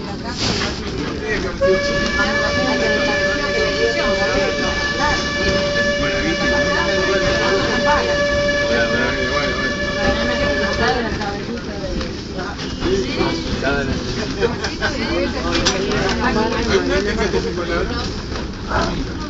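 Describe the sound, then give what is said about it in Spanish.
An old steam train's horn blows one long, steady, high-pitched note for about nine seconds over a loud, continuous clattering rattle, which keeps rumbling on after the horn stops. “Por ello invita a subirse a un antiguo tren de vapor, con bocina, traqueteo y robots especialmente diseñados para hacerles más entretenido y seguro el traslado al matadero.”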